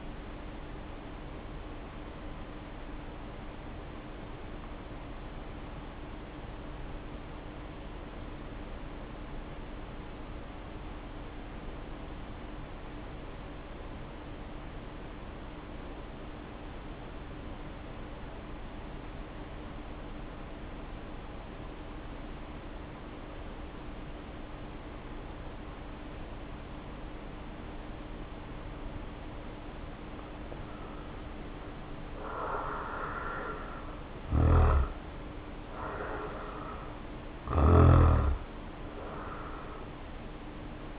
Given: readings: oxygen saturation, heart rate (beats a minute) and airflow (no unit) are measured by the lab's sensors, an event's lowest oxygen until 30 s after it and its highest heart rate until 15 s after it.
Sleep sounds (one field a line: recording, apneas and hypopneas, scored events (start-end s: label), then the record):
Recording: breathing in sleep by a voice recorder at the bedside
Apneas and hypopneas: 1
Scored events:
7.00-34.80 s: hypopnea (N1, oxygen 95% highest, then 75% lowest, heart rate 51 at the start, 69 highest)
From the record:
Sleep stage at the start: N1 (lightest sleep)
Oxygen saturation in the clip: 77 to 95%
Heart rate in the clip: 49 to 69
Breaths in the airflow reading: 13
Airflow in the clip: -1.4 to 1.7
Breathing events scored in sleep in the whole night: 520 in 7.2 hours asleep